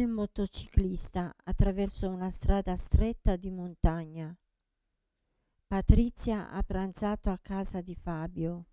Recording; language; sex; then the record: read phrases; Italian; female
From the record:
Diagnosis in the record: Parkinson's disease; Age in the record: 67 years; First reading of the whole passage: 79 s, 6.5 characters per second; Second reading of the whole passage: 74 s, 7.0 characters per second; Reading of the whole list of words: 72 s, 3.9 characters per second